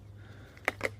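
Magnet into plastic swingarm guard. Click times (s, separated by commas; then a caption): 0.7 s. A magnet is pressed into its recess in a plastic Acerbis swingarm guard and snaps cleanly home with a sharp click at 0.7 s, followed by a softer tap at 0.9 s. A steady low hum runs underneath, and the magnet ends up seated in place.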